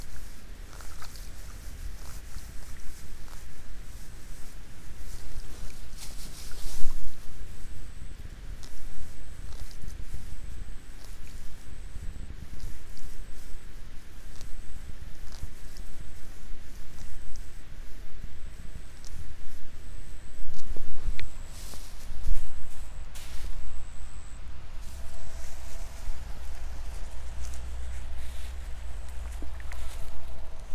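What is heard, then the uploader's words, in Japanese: Rice seedlings are pulled in the afternoon with steady low rumble underneath and scattered rustles and splashy clicks, louder around 6 seconds and again near 22. From about 8 seconds an insect begins calling, a thin high chirp repeating regularly every second or so. イネ苗とり 午後 そろそろ虫の声。33℃\\18℃。晴れ。今季最後の苗とり。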